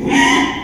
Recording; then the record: squeal of a Yucatan mini pig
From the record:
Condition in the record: after surgery on the right vocal fold (resection and tissue-engineered implant); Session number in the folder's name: 3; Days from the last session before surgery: 33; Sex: male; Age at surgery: 12 weeks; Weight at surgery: 13 kg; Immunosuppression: cyclosporine, prednisolone